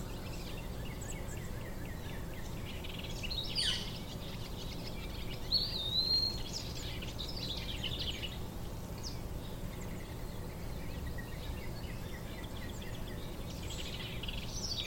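Birds chirp and twitter over a steady low rumble, with brief brighter calls clustering around four to six seconds and again near the end.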